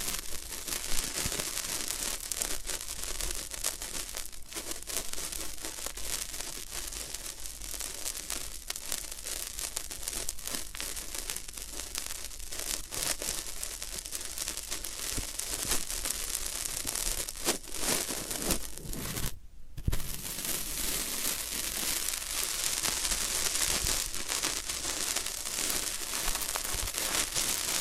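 Floral foam is being worked, giving a dense, continuous crackling and crumbling texture that stays fairly steady for the whole stretch. Bright, gritty scratches and small crunches come rapidly and irregularly, with one brief silent break around twenty seconds before the crackling resumes.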